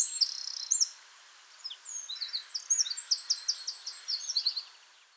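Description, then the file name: Eurasian wren producing high, fast trilling phrases and quick chattering notes over a steady background hiss. "Troglodytes troglodytes"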